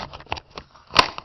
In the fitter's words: there it goes it locks in place